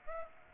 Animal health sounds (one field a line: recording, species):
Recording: mosquito wingbeat signal from an infrared sensor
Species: Aedes aegypti